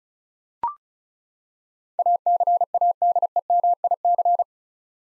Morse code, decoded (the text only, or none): ACADEMIC